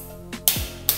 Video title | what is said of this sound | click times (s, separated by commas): BICYCLE TORQUE WRENCH -- BIKE HAND YC-617-2S -- HOW TO USE -- KUNCI TORSI SEPEDA | kalau udah bunyi tek gitu berarti dia udah pas, ketegangannya | 0.5 s